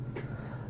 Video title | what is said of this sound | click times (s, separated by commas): How to use inhalers | there's a click so a dose is loaded | 0.2 s